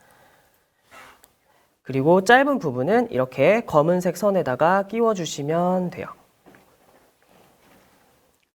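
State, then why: Not seated. A short wire lead is being handled toward the black-wire connector of a flashlight kit in a classroom demo. Someone talks, with a few faint small ticks and handling noises around 1.2 s and after 6.5 s. Nothing has seated or clicked into the connector yet.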